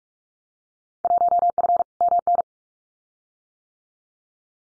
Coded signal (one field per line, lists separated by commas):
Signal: Morse code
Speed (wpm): 44 wpm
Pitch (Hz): 700 Hz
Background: none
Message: 1F MN